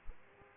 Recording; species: mosquito wingbeat signal from an infrared sensor; Aedes aegypti